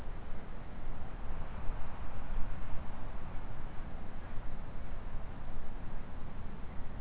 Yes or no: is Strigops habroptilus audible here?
no